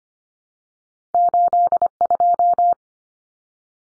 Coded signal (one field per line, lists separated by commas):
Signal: Morse code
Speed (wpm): 25 wpm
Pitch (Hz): 700 Hz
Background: none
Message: 82